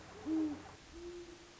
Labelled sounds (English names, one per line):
Great Horned Owl